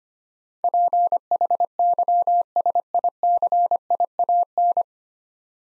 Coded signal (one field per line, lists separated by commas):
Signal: Morse code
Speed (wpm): 25 wpm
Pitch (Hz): 700 Hz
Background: none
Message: PHYSICIAN